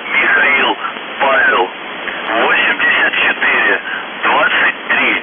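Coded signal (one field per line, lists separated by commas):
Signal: numbers station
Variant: UVB-76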